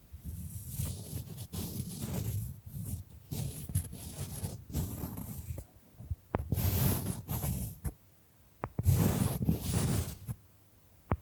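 Bamboo being scratched and brushed in long rough strokes, each a dry rasping sweep lasting a second or so, with short pauses between. Sharp taps punctuate the quieter gaps, and the strokes grow louder and brighter in the second half.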